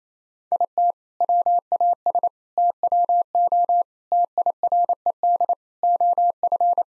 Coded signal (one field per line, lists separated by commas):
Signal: Morse code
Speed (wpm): 27 wpm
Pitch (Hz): 700 Hz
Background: none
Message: IT WAS TWO TIRED OF